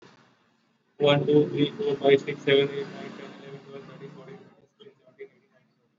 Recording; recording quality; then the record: counting at a normal pace; poor, much background noise or distortion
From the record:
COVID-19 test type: RT-PCR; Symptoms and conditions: cough, cold, fever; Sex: male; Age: 31 years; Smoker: no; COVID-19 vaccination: both doses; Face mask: worn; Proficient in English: yes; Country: India